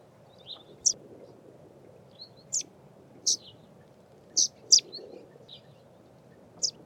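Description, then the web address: Scaly-feathered weaver calling with brief, piercing high chirps, several of them spaced unevenly, with softer faint notes between and low background noise. "Scaly feathered weaver. صدای-پرنده-جولای-پر-پولکی"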